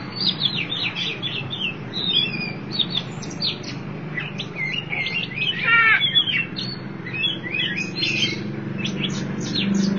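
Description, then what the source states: Oriental magpie-robin singing a fast medley of whistled slides and twittering notes, with a brief buzzy stacked call midway and low background hum. Chirping song of the kacer.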